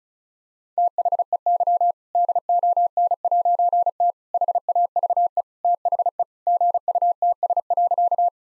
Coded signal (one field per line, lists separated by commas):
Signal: Morse code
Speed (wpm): 34 wpm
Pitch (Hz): 700 Hz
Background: none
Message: THEY DON'T HAVE THE GUTS.